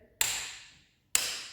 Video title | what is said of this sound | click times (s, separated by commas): Yorkshire Classic Cars ltd Restoration workshop Guide-How to torque down Triumph Stag cylinder heads | Now what I don't do is swing at it like that because it'll just click. | 0.2 s, 1.2 s